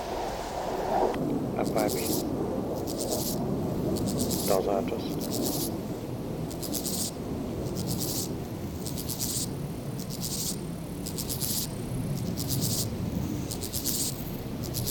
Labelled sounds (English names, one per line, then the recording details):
Steppe Grasshopper stridulation
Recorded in the wild
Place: Eutin, Holsteinische Schweiz, Schleswig-Holstein, DE
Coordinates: 54.132, 10.614
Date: 1992-09-15 14:29
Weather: Schatten: 18,8°C, Sonne: 21,5°C
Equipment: Marantz CP 430, Sennheiser ME 80, Kopie Tesla B 116
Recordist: Tembrock, Günter